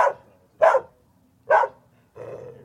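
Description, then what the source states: Dog barking, three sharp separate barks in quick succession, followed by a softer, longer rough bark at the end. Dog in Tijuana, barking, medium close.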